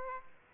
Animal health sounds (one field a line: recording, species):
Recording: mosquito wingbeat signal from an infrared sensor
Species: Aedes aegypti